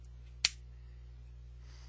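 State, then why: Seated. A plastic rocket pod is pressed onto its armor mount on a plastic 1/100 MG Full Armor Unicorn Gundam model kit and snaps home with a single loud, sharp click at 0.4 s over a steady low hum. The pod is seated on the mount.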